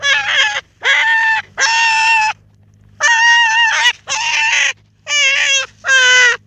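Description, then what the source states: Hare screaming: seven harsh, nasal cries, each under a second long, with a low hum beneath. In the UK.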